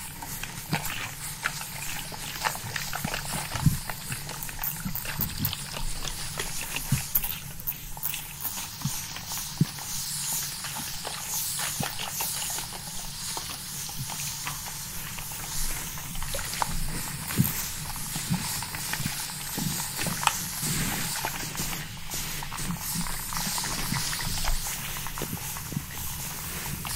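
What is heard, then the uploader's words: A spray bottle is pumped rapidly, with dense clicking triggers and short bright hissing bursts continuing steadily over a faint constant hum. Ultra Fast RAW Barbershop SPRAY Bottle Sounds.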